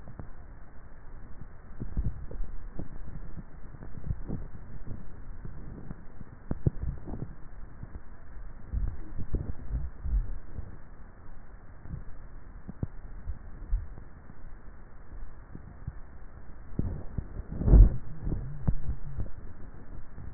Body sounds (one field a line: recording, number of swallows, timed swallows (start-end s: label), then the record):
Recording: swallowing sounds by neck microphone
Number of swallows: 3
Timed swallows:
1.90-2.50 s: swallow
3.98-4.57 s: swallow
6.53-7.47 s: swallow
From the record:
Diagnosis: dysphagia